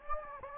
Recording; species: mosquito wingbeat signal from an infrared sensor; Anopheles gambiae